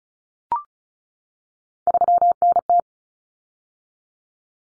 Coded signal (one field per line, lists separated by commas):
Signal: Morse code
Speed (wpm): 34 wpm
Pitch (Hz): 700 Hz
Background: none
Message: 3NT